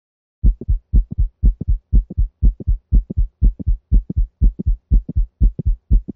The sound cadence is lub-click-dup. at 120 beats per minute.